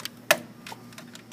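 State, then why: Released. A plug-in terminal connector is unplugged from a PLC controller module during the controller's replacement. A sharp click at 0.3 s marks the connector coming out, with fainter ticks and rustles around it. The connector is released.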